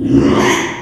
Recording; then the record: squeal of a Yucatan mini pig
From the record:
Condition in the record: after surgery on the right vocal fold (resection and tissue-engineered implant); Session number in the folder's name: 3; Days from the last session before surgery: 33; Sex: male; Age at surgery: 12 weeks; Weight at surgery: 13 kg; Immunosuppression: cyclosporine, prednisolone